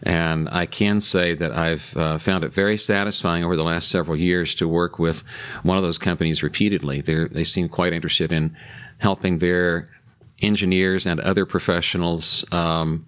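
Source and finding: Adult male. Typical speech.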